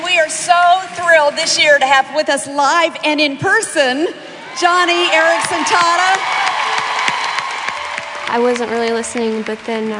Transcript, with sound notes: And we are so thrilled, this year to have with us—this year live and in-person—Joni Eareckson Tada. (applause and cheering)
I wasn't really listening, but then